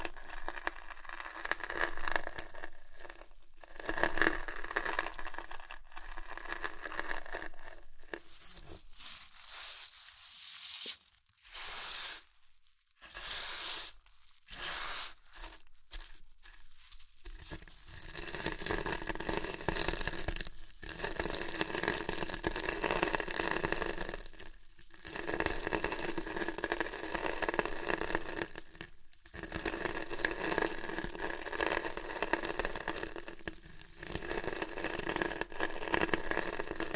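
Crunchy chips being crushed and eaten, a dense, crackling crunch that runs nearly nonstop. Brief silent gaps break it up, clustered around 11 to 17 seconds, then roughly every four seconds after that, with the crinkling returning strongly after each pause.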